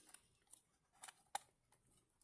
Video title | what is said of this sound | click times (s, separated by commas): How to Setup & Configure a Hikvision IP PoE Intercom Kit Door Station Bell Entry System DS-KIS604-P | Okay, should click in. There we go. Clicked in, and now that's in. | 1.4 s